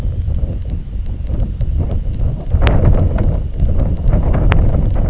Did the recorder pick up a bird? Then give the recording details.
no. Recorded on Arctic tundra, site IGLO-D, on 19 June 2018. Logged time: 22:00